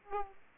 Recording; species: mosquito wingbeat signal from an infrared sensor; Aedes aegypti